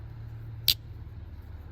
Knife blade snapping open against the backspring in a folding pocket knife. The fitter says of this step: um from half stopped open very Snappy you can hear that